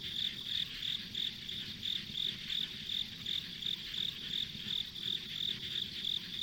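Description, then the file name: High insect chirps repeat in quick regular bursts, nearly three a second, against an unbroken shrill insect drone and soft low background noise. Ambient insect sounds recorded on a country road. "田舎道の虫の環境音"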